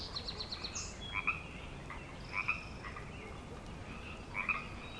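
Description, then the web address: Frogs giving a few short two-part croaks over a faint background chorus, with a brief higher trill at the start. Frog chorus on Grafton Lake, recorded 3 May 2009. "The Frog Chorus Tunes Up On Grafton Lake frogs edit 090503"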